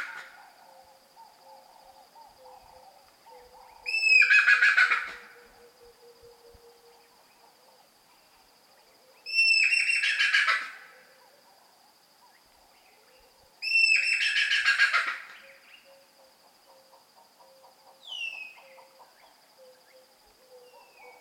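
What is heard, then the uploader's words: Rock hyrax calls in three loud, harsh bursts about five seconds apart, over a steady high whine and low chattering, with a brief faint squeak near the end. Rock Hyrax Sounds. If you're in the African savanna at night. The scream of the Hyrax.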